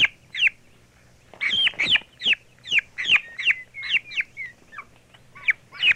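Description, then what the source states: Young turkey chirping in a quick, uneven series of high, sharply arched peeps, some shorter and softer, over a faint low hum. Young bird.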